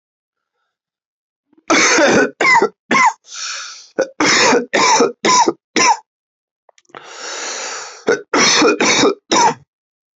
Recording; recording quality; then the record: heavy voluntary cough; excellent, no background noise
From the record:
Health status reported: healthy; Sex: male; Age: 25 years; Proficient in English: yes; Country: India